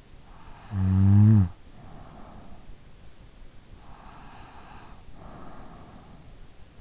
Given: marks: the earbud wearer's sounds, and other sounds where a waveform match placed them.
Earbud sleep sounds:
sounds in sleep by an in-ear microphone; snoring breath, breath
0.34-2.80 s: snoring breath
3.77-6.62 s: breath

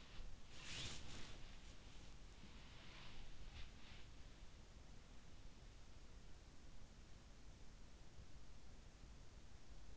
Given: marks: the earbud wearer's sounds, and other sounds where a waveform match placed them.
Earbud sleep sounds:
sounds in sleep by an in-ear microphone; body movement
0.00-4.29 s: body movement

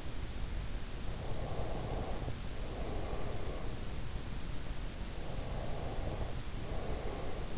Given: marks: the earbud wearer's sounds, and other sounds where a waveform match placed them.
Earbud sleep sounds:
sounds in sleep by an in-ear microphone; breath
1.08-3.80 s: breath
5.24-7.58 s: breath

